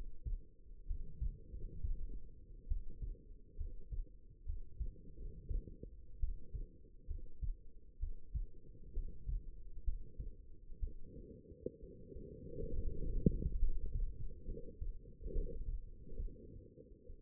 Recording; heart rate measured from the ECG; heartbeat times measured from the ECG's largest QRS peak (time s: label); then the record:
heart sounds by stethoscope; 67 bpm
0.86 s: heartbeat
1.50 s: heartbeat
2.67 s: heartbeat
3.56 s: heartbeat
4.45 s: heartbeat
5.16 s: heartbeat
6.19 s: heartbeat
7.06 s: heartbeat
7.99 s: heartbeat
8.93 s: heartbeat
9.83 s: heartbeat
10.79 s: heartbeat
11.79 s: heartbeat
12.73 s: heartbeat
13.58 s: heartbeat
14.45 s: heartbeat
15.32 s: heartbeat
16.16 s: heartbeat
17.06 s: heartbeat
From the record:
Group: healthy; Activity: rest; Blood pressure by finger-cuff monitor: 114/72 mmHg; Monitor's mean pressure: 83 mmHg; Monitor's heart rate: 65 bpm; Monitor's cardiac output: 5.3 L/min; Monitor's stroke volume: 80 mL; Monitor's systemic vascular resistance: 1100 dyn s/cm5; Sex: female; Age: 22 years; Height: 171 cm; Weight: 65.6 kg